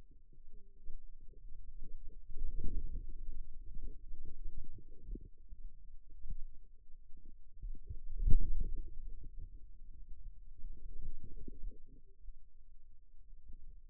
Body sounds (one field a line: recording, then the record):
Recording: forearm muscle sounds (acoustic myography)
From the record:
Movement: wrist extension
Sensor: system 2, bracelet of six BSWA MPA416 microphones around the upper forearm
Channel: 5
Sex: male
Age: 22 years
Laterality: right